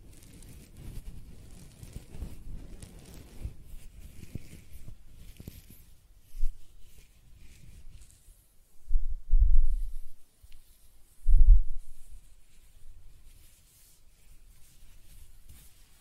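Close-up hair scratching and stroking, soft low rustles that thin out midway, with two louder brushing bursts near nine and eleven seconds.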